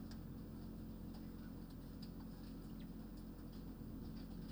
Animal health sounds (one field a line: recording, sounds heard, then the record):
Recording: poultry house recording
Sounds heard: healthy chickens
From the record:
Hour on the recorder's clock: 21